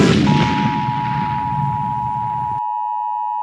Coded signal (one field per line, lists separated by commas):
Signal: Emergency Alert System (SAME) tones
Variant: 853 and 960 Hz attention tone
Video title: *READ DESCRIPTION* Peppa Pig - A mini EAS scenario